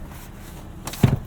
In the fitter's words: Looks like we got to lock into place there. There we go.